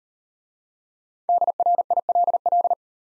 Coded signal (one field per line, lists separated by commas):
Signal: Morse code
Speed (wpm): 38 wpm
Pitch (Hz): 700 Hz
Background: none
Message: DRILL